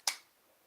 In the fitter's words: It does snap into place, so you can't hold it by the top.